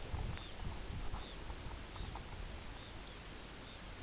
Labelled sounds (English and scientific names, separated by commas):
Red Phalarope (Phalaropus fulicarius)